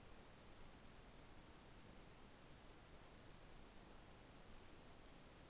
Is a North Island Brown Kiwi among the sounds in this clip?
no